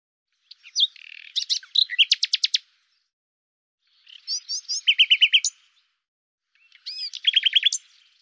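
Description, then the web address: Common nightingale song: three separate phrases, each mixing varied chirps with a fast run of loud, evenly repeated high notes, separated by silent pauses. "cianscape birddata Deverinetal 2025"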